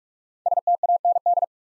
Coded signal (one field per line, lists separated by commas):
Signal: Morse code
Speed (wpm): 44 wpm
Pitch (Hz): 700 Hz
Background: none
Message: STAND